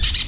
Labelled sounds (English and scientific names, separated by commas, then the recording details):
Brown-throated Parakeet (Eupsittula pertinax) contact call
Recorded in Venezuela
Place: PN Cerro Saroche, Tierras del Sr. Polo, Edo. Lara
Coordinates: 10.171, -69.518